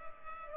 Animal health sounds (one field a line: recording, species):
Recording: mosquito wingbeat signal from an infrared sensor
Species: Culex pipiens